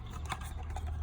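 Plastic retaining clips are handled on the dash fascia or unit bracket during a 2019 install of a Kayhan touch-screen navigation unit in a Holden VE Series 1 (Pontiac G8); a clip that hasn't clicked pops out, while one that has clicked stays in. A steady low hum runs under faint handling rustles, with no distinct snap. Nothing has seated or clicked yet.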